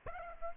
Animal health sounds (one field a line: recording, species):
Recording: mosquito wingbeat signal from an infrared sensor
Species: Aedes aegypti